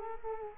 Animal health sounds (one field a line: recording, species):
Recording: mosquito wingbeat signal from an infrared sensor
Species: Culex quinquefasciatus